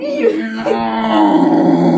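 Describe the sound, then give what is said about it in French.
A person imitates a bear's long, drawn-out howl: a low, groaning voiced tone that wavers in pitch and swells slightly louder as it stretches out over about two seconds. “Vous entendez le... hurlement de l'ours qui se prolonge par un...”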